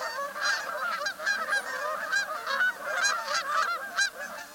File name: canada goose